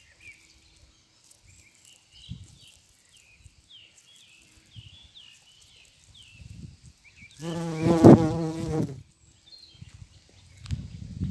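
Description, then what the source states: Bumblebee buzzing in flight, one loud low hum lasting about a second and a half, after a run of quiet high bird chirps. Bumblebee buzzing in flight, recorded on 7 May 2022.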